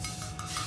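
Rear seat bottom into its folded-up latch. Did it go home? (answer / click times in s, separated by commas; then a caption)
yes / 0.4 s. A lever under the Cybertruck's rear seat is used to fold the seat bottom up into its latch. Over a low rubbing, scraping background, a short click sounds at 0.4 s as the seat bottom locks into place.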